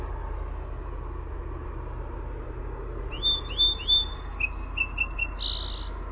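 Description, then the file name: Song sparrow song: a few sharp introductory notes followed by a quick trill and short buzzy ending, heard after three seconds of steady low hum. "SOSP song"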